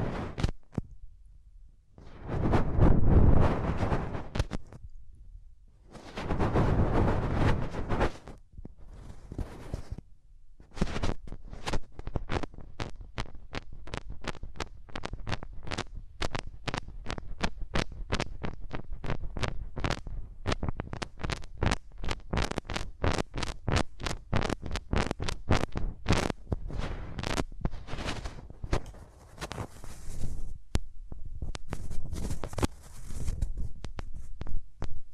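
Hands rub over the ears, starting with two long, loud muffled swells of low rubbing between about 0 and 10 seconds. After that comes a dense, fast run of short crackling taps and scratches, packed closely and keeping an even level until the end.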